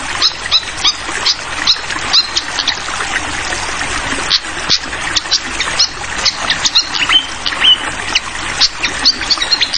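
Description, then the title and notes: Malaysian pied fantail song, dense bursts of sharp high chirps and short whistles nearly nonstop, over a steady trickling, pattering water sound. Clear song mixed with the sound of trickling water, used as masteran tutoring audio for songbirds. "Masteran Sikatan Kipas Suara Jernih Dan Suara Gemericik Air. Suara Burung Sikatan Londo"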